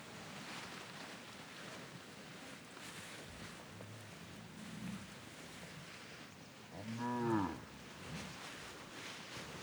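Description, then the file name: Cattle mooing, one short harmonic moo late over a steady rustling background. A herd of cattle walking on grass, several moos. "Patas no pasto do gado varios mugidos"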